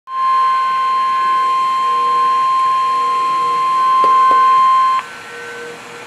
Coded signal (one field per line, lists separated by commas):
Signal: Emergency Alert System (SAME) tones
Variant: 1050 Hz attention tone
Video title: Tornado Warning Downgrade AGAIN! (Full Tone EAS #27)